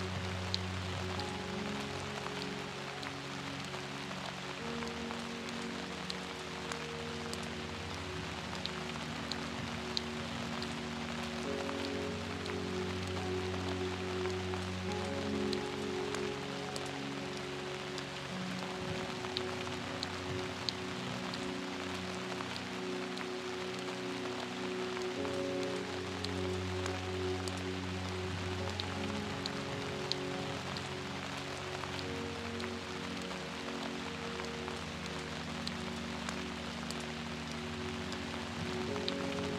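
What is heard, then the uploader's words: Steady rain patters densely and evenly throughout, a soft bright hiss with scattered drop ticks. Beneath it a gentle, low piano melody plays slow sustained notes and chords, shifting every few seconds. The level stays constant from start to finish. Peaceful Music with Rain Sounds. A steady rain with a peaceful piano melody.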